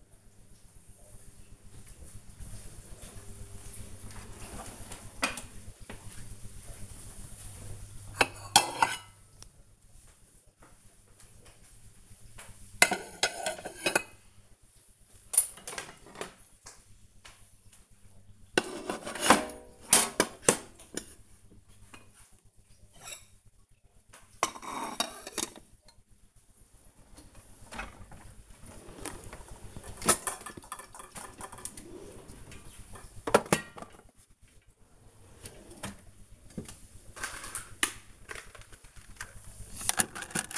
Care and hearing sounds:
household activities, microphone on the right wrist
2.63-40.58 s: putting away the dishes

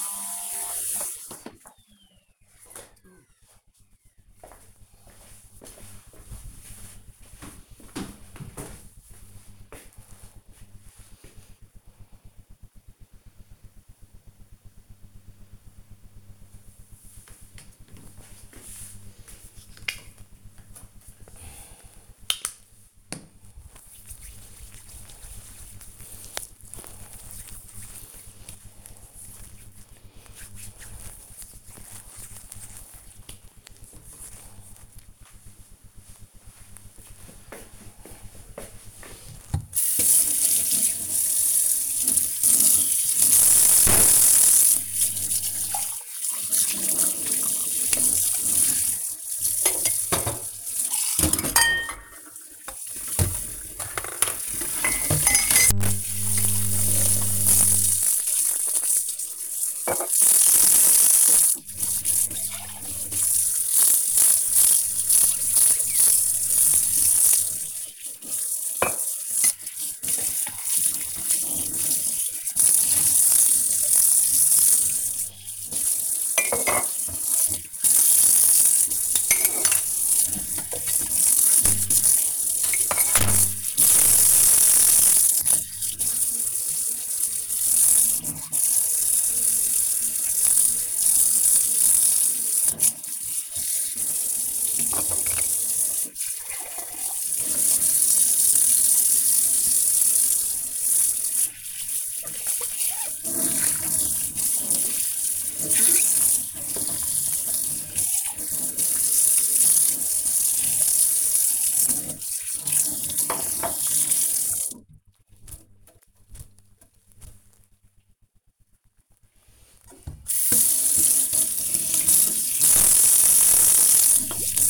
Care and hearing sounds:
household activities, microphone on the right wrist
18.83-33.88 s: cream hands
39.90-115.13 s: washing dishes
120.16-124.70 s: washing dishes

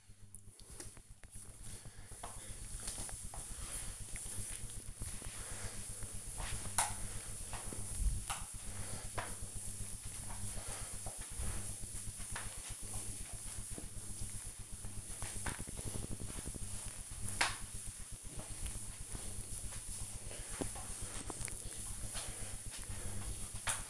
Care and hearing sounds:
household activities, microphone on the right wrist
0.00-23.90 s: floor cleaning

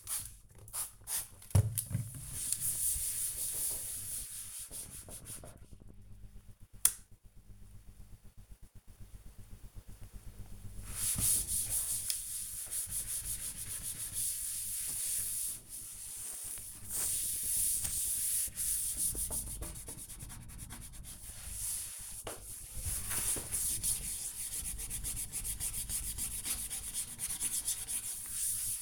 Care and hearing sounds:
household activities, microphone on the right wrist
0.00-5.28 s: cleaning door
9.31-28.82 s: cleaning door

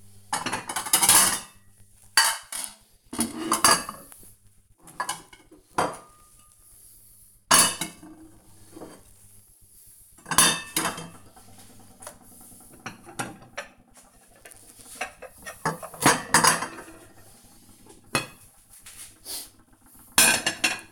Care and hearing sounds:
household activities, microphone on the right wrist
0.00-20.92 s: putting away the dishes

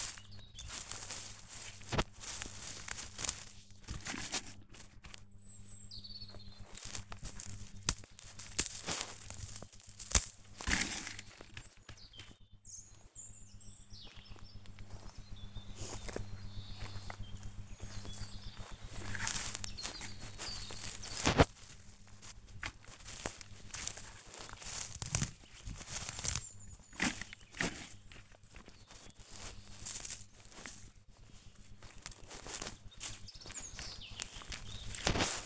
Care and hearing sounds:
household activities, microphone on the right wrist
0.00-35.46 s: removing plants (near water)

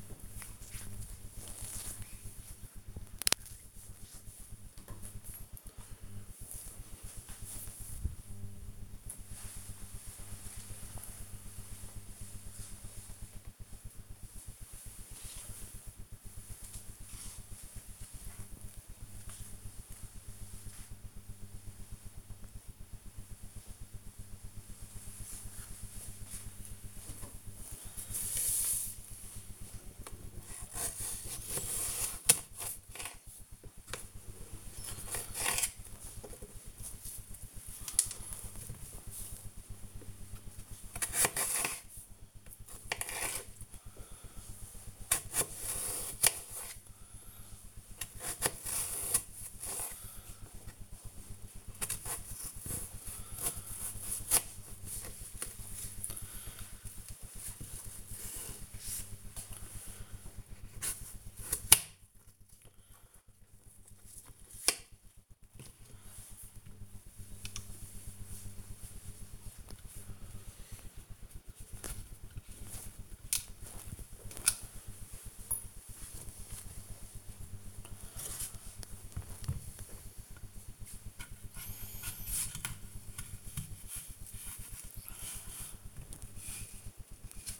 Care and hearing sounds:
household activities, microphone on the right wrist
0.00-4.68 s: disinfecting hands
26.86-87.60 s: cutting vegetables

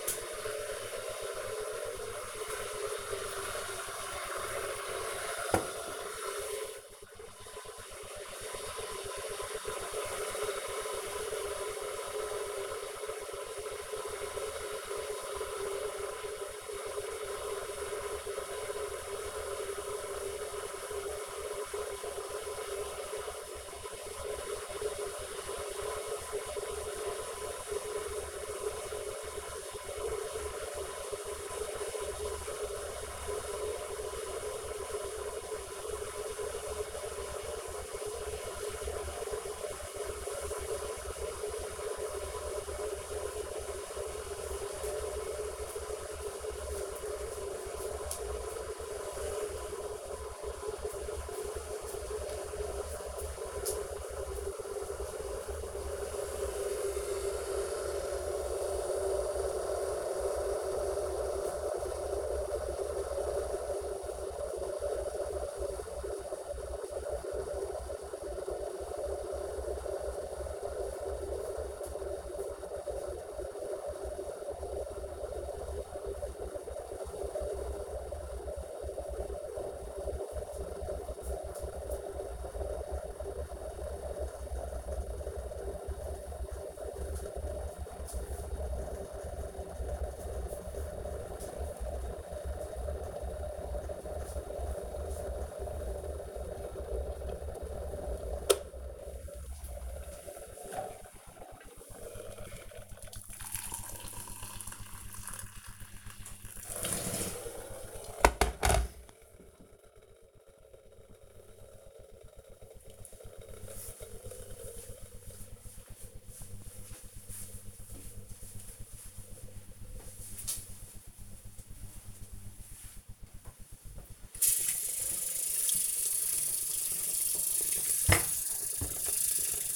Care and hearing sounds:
household activities, microphone on the right wrist
0.00-108.73 s: making tea
122.84-129.76 s: washing dishes

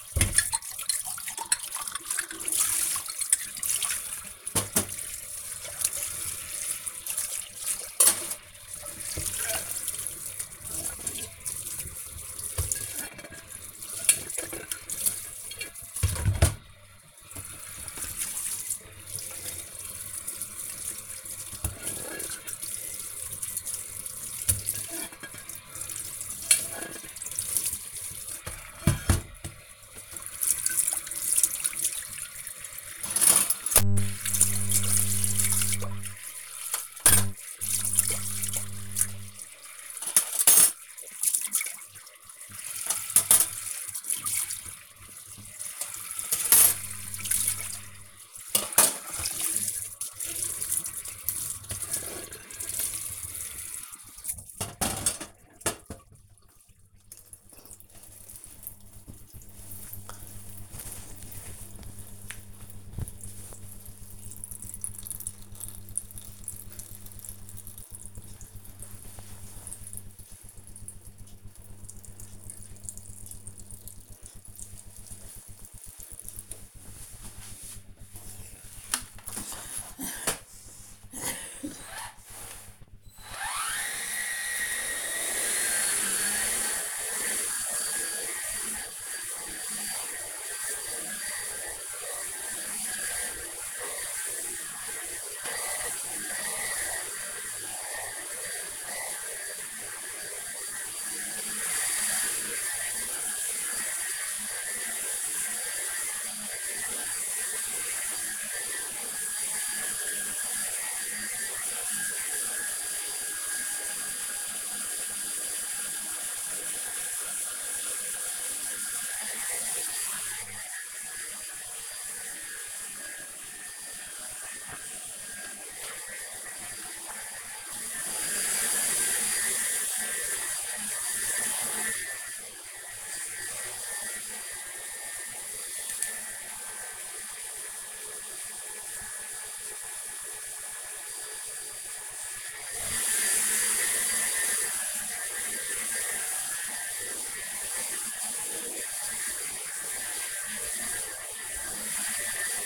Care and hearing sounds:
household activities, microphone on the right wrist
0.00-54.51 s: washing dishes
86.65-152.66 s: vacuum cleaning

